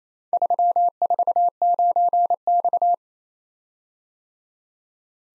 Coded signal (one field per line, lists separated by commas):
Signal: Morse code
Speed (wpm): 29 wpm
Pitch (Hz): 700 Hz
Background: none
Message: 349X